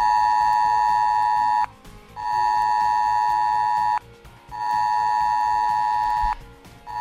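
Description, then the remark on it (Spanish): A Civil Protection emergency alert on mobile phones, sent at about 8:23 pm during storm Leonardo with rivers in flood, blares in loud, sustained high-pitched tones with harmonics, repeating in three long pulses separated by brief gaps. No one speaks. “Y bien lo sabemos desde que ayer a eso de las 8 y 23 de la tarde nos sonó en los teléfonos móviles esta señal.”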